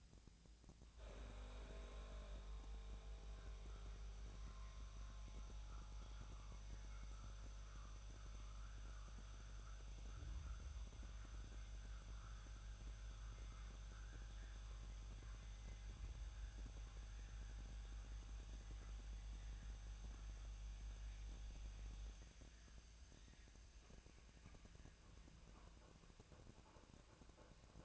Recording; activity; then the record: daily activity, microphone in the room; make coffee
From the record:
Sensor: 2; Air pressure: 1000.1 hPa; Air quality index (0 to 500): 137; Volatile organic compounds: 2 ppm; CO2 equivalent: 1168 ppm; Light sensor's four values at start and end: 24/60/26/28 and 25/60/26/29